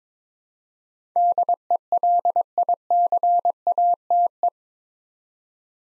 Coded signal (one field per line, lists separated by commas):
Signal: Morse code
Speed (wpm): 23 wpm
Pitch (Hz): 700 Hz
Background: none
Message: DELICATE